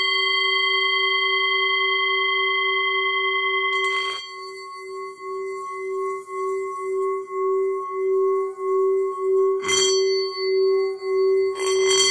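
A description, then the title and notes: A Tibetan singing bowl sounds a steady, pure low tone with bright ringing overtones. Around four seconds a soft rubbing noise begins and the tone starts to pulse in slow, regular waves. Short bursts of friction noise come near ten and twelve seconds. Tibetan singing bowl, third eye singing bowl, chakra drum.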